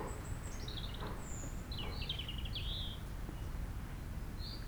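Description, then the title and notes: European robin song, a descending high whistle followed by quick trilled, wavering phrases, with constant low wind noise beneath. Singing nearby in sunshine on a sloping lawn at Châtillon beach, Chindrieux, France, sheltered from the north wind, with wind murmuring in the trees. "80 Chem. des Rubellines, 73310 Chindrieux, France - rouge gorge. Au soleil sur la pelouse en pente de la plage de Châtillon , à l'abri du vent du Nord , un rouge gorge chante non loin , rumeur du vent dans les arbres"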